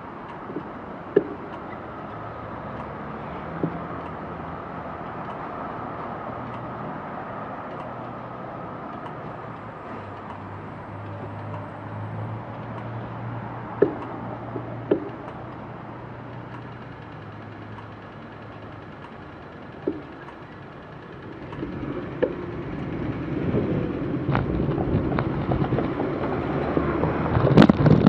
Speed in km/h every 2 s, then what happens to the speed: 0, 0, 0, 0, 0, 0, 0, 0, 0, 4, 1, 16, 15, 17.
0-17 standing. 20-28 pulls away to 17.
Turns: none.